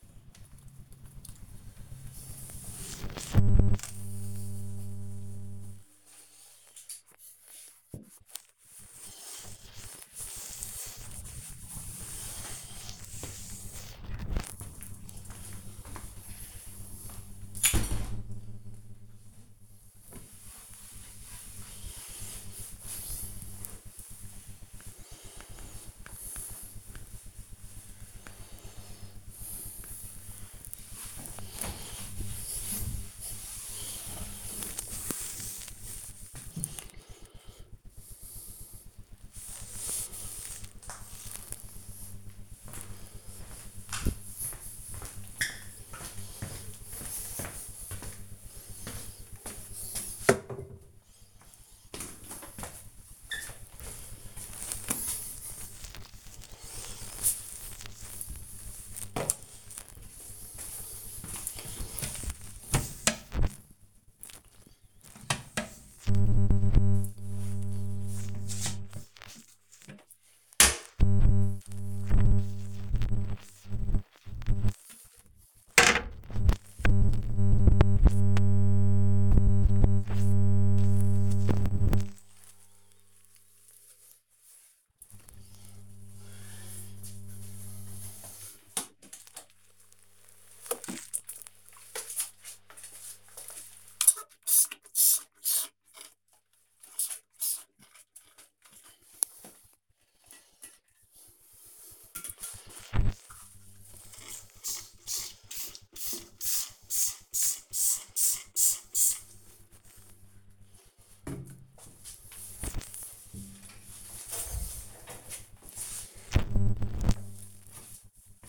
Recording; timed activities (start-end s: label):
household activities, microphone on the right wrist
0.00-18.16 s: cleaning the cupboard
23.20-118.49 s: cleaning the cupboard
109.65 s: note: using spray bottle(tv cleaning)